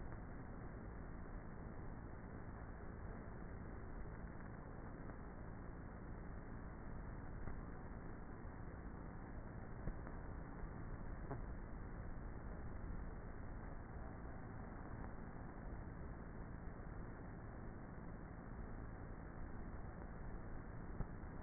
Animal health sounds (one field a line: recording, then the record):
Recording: honeybee colony, microphone inside the hive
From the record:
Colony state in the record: queenless with a low population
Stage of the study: before two queens were removed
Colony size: about 30,000 bees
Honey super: no